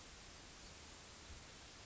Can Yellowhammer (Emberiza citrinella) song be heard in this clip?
no